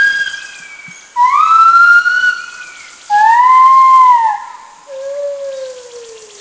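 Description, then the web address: White-handed gibbon calls: loud, pure, whistled hoots rising then falling, three long notes each about a second or more, the last softer and sliding downward. Recorded in southern Thailand. "Thailand South White-handed Gibbon Tone Pariwat"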